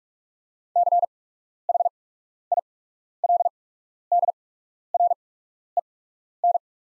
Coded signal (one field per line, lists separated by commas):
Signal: Morse code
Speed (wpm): 44 wpm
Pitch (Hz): 700 Hz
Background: none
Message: CHILDREN